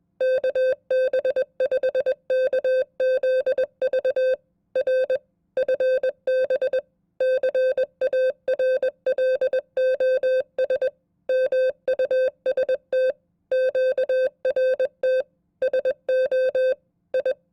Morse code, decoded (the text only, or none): KB5KZV R FB CARLOS MUST QRT SO I